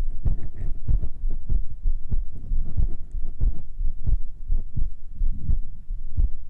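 Steady, deep low thumps come through at about 92 beats a minute, with a soft, muffled breathing sound underneath. It is an ordinary adult heartbeat and breathing, heard close up as an ASMR piece.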